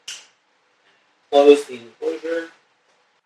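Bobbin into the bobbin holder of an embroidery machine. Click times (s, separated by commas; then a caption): 0.1 s. A bobbin is pushed back into its holder underneath an embroidery machine and gives one sharp click at 0.1 s as it seats in place. After a pause, someone talks.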